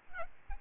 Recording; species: mosquito wingbeat signal from an infrared sensor; Aedes albopictus